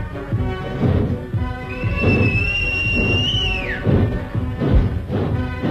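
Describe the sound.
A single sustained, high-pitched whistle, blown as a signal to a railway switchman as a train is about to depart, holds steady for about two seconds, then bends downward as it ends, over a dense, rumbling clatter of background noise.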